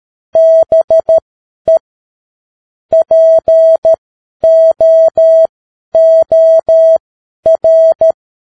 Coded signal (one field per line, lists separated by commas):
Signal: Morse code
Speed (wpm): 13 wpm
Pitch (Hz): 650 Hz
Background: none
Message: BE POOR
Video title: Morse Code 10 WPM: The Science of Getting Rich - Chapter 2